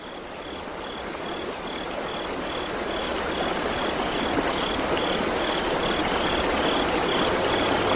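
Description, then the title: Crickets chirping in steady, rapid high-pitched pulses over a continuous rush of flowing water. Crickets by a small river. "Small River and Crickets"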